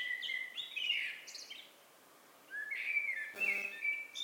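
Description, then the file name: Blackbird song of low, mellow whistled phrases with high twitters, interrupted briefly by a short buzzy burst of noise. "Turdus merula"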